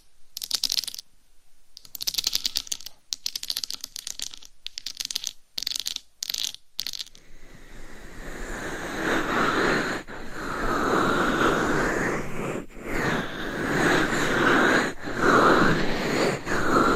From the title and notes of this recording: ASMR Mic Scratching , Tapping & Massage with 15 DIFFERENT MICS Covers & Nails No Talking.